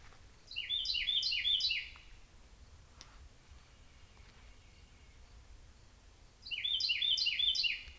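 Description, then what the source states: Birds singing, a quick series of bright, slurred chirping notes in two bursts separated by several seconds of quiet, the second burst repeating the first pattern. Birds recorded in deep woods on 14 May 2017.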